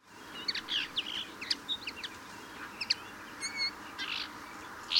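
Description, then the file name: European greenfinch calls, short chirps and twittering notes scattered throughout, with a few clear whistled tones after the middle over steady background hiss. "Chloris chloris"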